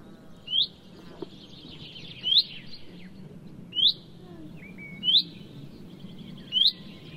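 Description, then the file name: Common chaffinch calls: five short, bright rising notes over a low background hum. "Fringilla coelebs"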